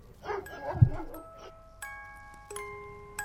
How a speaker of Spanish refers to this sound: Incluso en un momento, los lamentos que se convierten en gruñidos de esta criatura, no sé qué quisieron poner, alteró a los perros de la zona, que comienzan a ladrar sin control y la grabación es aterradora.